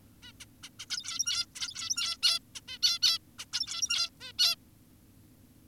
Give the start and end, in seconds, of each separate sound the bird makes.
0.23-0.32, 0.40-0.45, 0.63-0.70, 0.80-0.86, 0.90-1.46, 1.56-2.17, 2.23-2.40, 2.55-2.61, 2.68-2.78, 2.83-2.99, 3.02-3.18, 3.39-3.46, 3.53-4.10, 4.21-4.32, 4.39-4.56